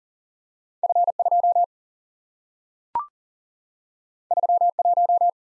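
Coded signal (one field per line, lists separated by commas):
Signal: Morse code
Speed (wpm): 40 wpm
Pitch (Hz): 700 Hz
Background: none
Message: F 2 3 1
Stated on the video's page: Computer-sent head-copy drill of random two-character letter and number groups at 40 wpm, each group sent, spoken, then sent again.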